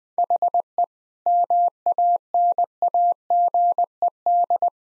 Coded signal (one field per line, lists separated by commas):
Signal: Morse code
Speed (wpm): 20 wpm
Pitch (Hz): 700 Hz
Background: none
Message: HE MANAGED